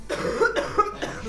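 A cough from an adult.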